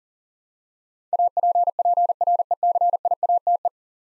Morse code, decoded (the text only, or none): APPRECIATE